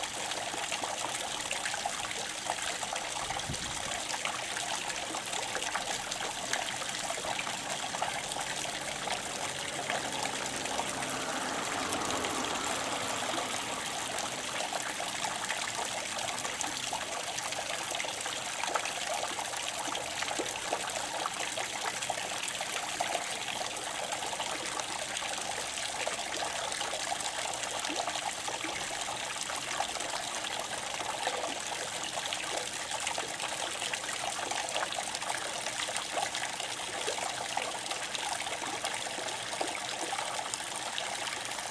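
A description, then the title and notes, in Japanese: Water pours steadily into an irrigation channel, a dense, even rushing and splashing that holds at the same level for the whole stretch. The sound is bright, with fine trickling detail on top and little low rumble, and no other sounds intrude. 用水路にそそぎ込む水の音。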